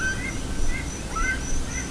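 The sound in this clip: Bird calls, a few short faint chirps in quick succession over heavy low rumbling background noise.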